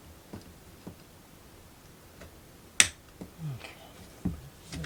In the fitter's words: Okay. Real tight there. Okay. snap in place when you can get enough pressure on it.